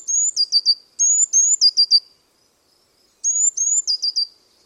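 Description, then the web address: Bird song: three sharp high phrases, each of one or two drawn-out whistles then a quick burst of clipped falling notes, with a pause before the last one. "cianscape. Deverinetal. Bird Only"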